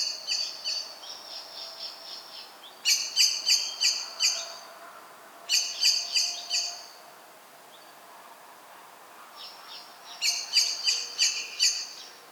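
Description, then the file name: Common blackbird producing repeated sharp chinks in runs of four to six, a pause between runs, beginning with a softer sequence. "Turdus merula"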